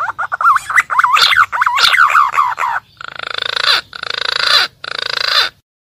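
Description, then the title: Green pigeon vocalizing: rapid undulating whistled notes give way to three coarse, pulsing buzzes. Green pigeon call used for luring birds in the wild; calling vigorously. "BURUNG PUNAI GACOR UNTUK PIKAT DI ALAM"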